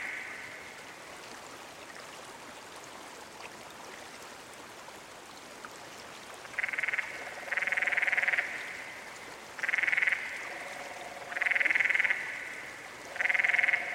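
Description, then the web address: Canyon frog calls: several seconds of quiet hiss, then a series of five rapid pulsed trills, some longer than others, with fainter lower trills mixed in. "Dan Gibson's Solitudes Frog Song. Canyon Frog"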